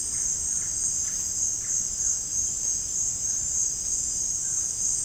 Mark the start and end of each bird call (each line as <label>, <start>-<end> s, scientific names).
Psarocolius angustifrons, 0.00-2.29 s
Ramphastos tucanus, 2.54-4.78 s